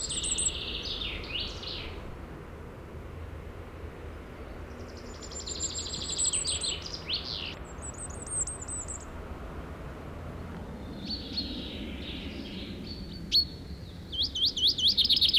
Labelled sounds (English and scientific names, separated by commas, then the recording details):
Common Chaffinch (Fringilla coelebs)
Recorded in the wild
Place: Beyenburger Stausee, Nordrhein-Westfalen, DE
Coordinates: 51.25, 7.3
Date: 1995-04-14
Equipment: Sony WM-D6C
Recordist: Skiba, Reinald